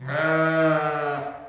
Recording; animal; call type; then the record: contact call of a hoofed animal; sheep; low-frequency (closed-mouth) or high-frequency (open-mouth) call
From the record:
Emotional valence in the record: negative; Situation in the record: short social isolation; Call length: 1.50 s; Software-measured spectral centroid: 1630 Hz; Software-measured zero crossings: 1650 a second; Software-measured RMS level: -23 dBFS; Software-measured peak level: -10 dBFS